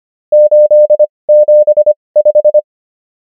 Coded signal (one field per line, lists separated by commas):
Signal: Morse code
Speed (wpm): 25 wpm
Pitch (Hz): 600 Hz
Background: none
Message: 875